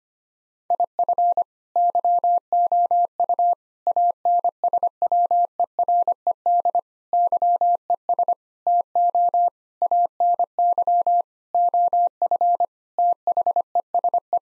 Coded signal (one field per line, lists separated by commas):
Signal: Morse code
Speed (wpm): 25 wpm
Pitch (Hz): 700 Hz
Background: none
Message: IF YOU ANSWERED YES TO ANY OF THESE